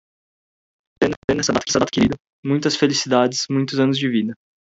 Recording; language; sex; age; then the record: short text; Brazilian Portuguese; male; 20 to 29 years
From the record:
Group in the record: control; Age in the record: 27 years